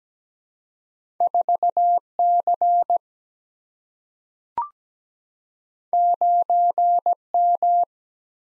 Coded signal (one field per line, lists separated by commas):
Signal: Morse code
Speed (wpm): 17 wpm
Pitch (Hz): 700 Hz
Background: none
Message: 4C 9M